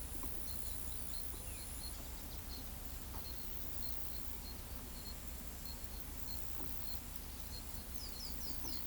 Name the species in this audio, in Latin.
Quiscalus lugubris